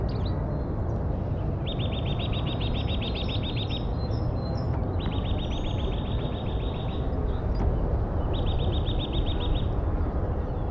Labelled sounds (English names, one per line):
Eurasian Nuthatch song